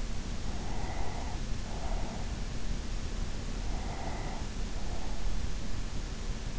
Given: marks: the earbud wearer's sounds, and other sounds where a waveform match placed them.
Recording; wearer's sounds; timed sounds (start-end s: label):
sounds in sleep by an in-ear microphone; breath
0.58-2.64 s: breath
3.58-5.98 s: breath